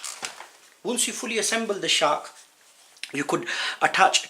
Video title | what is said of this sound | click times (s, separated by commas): Shark Powered Lift Away AX950UKT Upright Vacuum Cleaner True pet Review & Demonstration | That obviously only goes in one way, so you just push it until it clicks. | 0.2 s